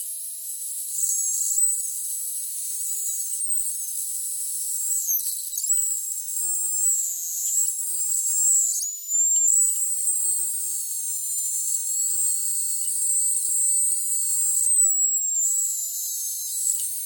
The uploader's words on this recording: 2 Tito's mid-sized Vodka bottles frozen & then emptied. While thawing, the resulting audio is natural oscillations coming from the cap of the bottle as the liquid and air heat up, as it thaws... Squeezed sides of cap on different spots around the rim with 2-5 fingers & applied pressure to the top for other variations in the oscillating sounds. Vodka Bottles Thawing.